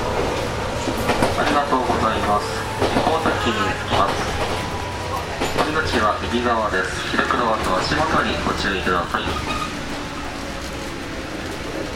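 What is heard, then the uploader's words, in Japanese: Running sound inside a local electric train: a steady low rumble and hum of the moving car fills the whole stretch, with a faint tone near 100 hz at first. Over it, passengers talk almost continuously, with occasional clicks and knocks. JR九州 415系 日豊線 大分から幸崎まで。JR九州 415系電車の走行音です。日豊線の普通列車で録音しました。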